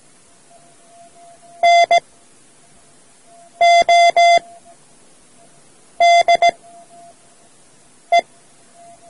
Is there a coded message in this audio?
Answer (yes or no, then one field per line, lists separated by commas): yes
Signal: Morse code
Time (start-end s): 1.6-8.2 s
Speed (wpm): 17 wpm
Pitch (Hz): 690 Hz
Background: none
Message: NODE